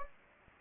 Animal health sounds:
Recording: mosquito wingbeat signal from an infrared sensor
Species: Anopheles gambiae

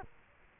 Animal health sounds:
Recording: mosquito wingbeat signal from an infrared sensor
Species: Culex quinquefasciatus

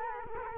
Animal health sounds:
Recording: mosquito wingbeat signal from an infrared sensor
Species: Culex quinquefasciatus

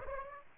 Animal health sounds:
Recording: mosquito wingbeat signal from an infrared sensor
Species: Aedes aegypti

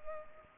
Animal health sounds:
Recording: mosquito wingbeat signal from an infrared sensor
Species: Culex pipiens

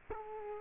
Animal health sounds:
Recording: mosquito wingbeat signal from an infrared sensor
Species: Culex quinquefasciatus

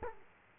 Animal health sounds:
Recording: mosquito wingbeat signal from an infrared sensor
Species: Culex quinquefasciatus

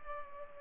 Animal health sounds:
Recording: mosquito wingbeat signal from an infrared sensor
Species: Culex pipiens

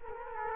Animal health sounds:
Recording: mosquito wingbeat signal from an infrared sensor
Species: Culex quinquefasciatus

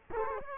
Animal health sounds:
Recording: mosquito wingbeat signal from an infrared sensor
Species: Culex quinquefasciatus

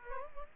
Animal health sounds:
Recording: mosquito wingbeat signal from an infrared sensor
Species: Aedes aegypti

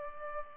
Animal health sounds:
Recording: mosquito wingbeat signal from an infrared sensor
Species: Culex pipiens

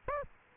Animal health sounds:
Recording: mosquito wingbeat signal from an infrared sensor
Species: Aedes aegypti

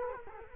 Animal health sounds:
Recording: mosquito wingbeat signal from an infrared sensor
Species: Culex quinquefasciatus

